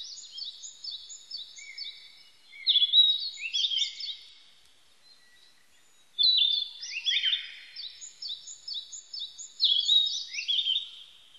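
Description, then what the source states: Narcissus flycatcher song, phrases of quick high chirps leading into louder slurred notes, with a short silence in the middle. Recorded 25 April 1998.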